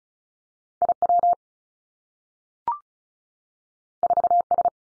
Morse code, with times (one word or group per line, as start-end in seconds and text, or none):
0.8-0.9 I
1.0-1.3 W
4.0-4.4 4
4.5-4.7 S